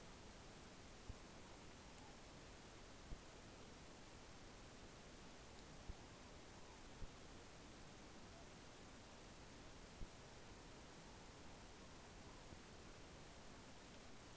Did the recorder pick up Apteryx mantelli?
no